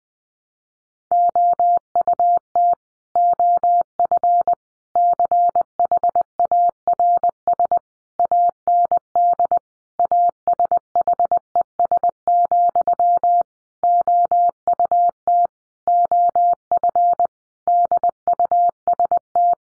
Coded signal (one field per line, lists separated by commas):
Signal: Morse code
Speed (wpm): 19 wpm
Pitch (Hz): 700 Hz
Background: none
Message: OUT OF CHARS AND ASHES, OUT OF DUST